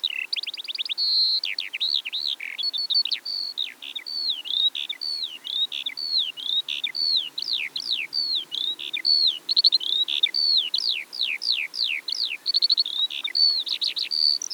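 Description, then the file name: Eurasian skylark in sustained high song, quick rattling trills, slurred chirps and whistled notes running together without a break for nearly fifteen seconds. From Eastern Europe. "Stimmen der Natur aus Osteuropa - Feldlerche"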